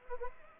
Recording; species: mosquito wingbeat signal from an infrared sensor; Anopheles arabiensis